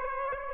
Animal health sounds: mosquito wingbeat signal from an infrared sensor; Aedes aegypti

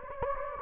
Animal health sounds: mosquito wingbeat signal from an infrared sensor; Anopheles gambiae

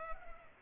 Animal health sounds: mosquito wingbeat signal from an infrared sensor; Culex pipiens

